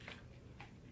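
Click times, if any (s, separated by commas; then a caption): 0.1 s, 0.6 s. A Gerber LMF fixed-blade knife is pushed back into its plastic sheath and snaps into the locking retention, showing how well the retention lock holds the blade in place. Two short, sharp clicks are heard at 0.1 s and 0.6 s over a low, steady background. The blade is seated and locked in the sheath.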